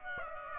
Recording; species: mosquito wingbeat signal from an infrared sensor; Aedes aegypti